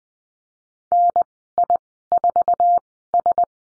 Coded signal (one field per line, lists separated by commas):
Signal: Morse code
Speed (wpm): 20 wpm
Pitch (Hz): 700 Hz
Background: none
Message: NI4S